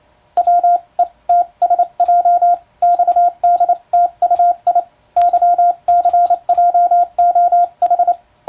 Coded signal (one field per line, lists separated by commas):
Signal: Morse code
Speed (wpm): 28 wpm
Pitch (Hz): 700 Hz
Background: radio noise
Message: WE TSJ XDTUI YCJOH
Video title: トンツーやってます！モールス符号を打ってみました！トン（短点）とツー（長点）の組み合わせで言葉になります。暗号を使うようでカッコいいかな？昭和に大流行しました morse code practice